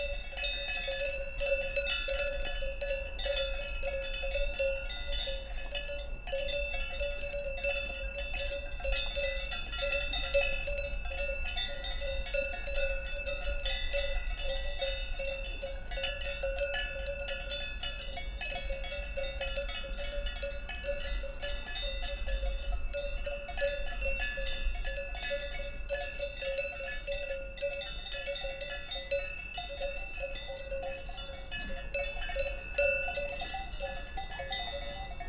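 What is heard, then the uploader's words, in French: Cow bells clank continuously from a grazing herd on a high plateau, a dense, irregular jangle with bright metallic ringing tones that never pauses. The level stays steady across the whole stretch, with a low rumble of wind underneath. Les clarines sont descendues. Lesches en Diois - Nagra seven - Binaural - omni Seinnheiser 8020. Depuis quelques jours les vaches qui paissaient en altitude ont retrouvé leurs quartiers d'hiver. Elle vont parcourir le plateau à 1000 m d'altitude en clarinant au vent.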